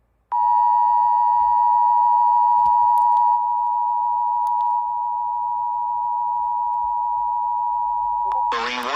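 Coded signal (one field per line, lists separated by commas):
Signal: Emergency Alert System (SAME) tones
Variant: 853 and 960 Hz attention tone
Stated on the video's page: Special marine warning for Hawaii sent over the Emergency Alert System.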